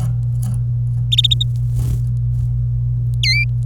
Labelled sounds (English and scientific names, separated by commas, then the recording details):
Domestic Canary (Serinus canaria) song
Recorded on 26 April 2018 at 08:36
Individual llb3